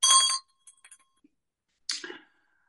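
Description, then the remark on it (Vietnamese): A bell is struck in a Buddhist class to begin about one minute of silent sitting, with a bright metallic ring that fades quickly, followed by faint clinks and a second, softer strike with a lingering tone, with no one speaking. “Bây giờ chúng ta rung chuông nha, chúng ta ngồi im lặng trong vòng khoảng 1 phút của chúng ta học.”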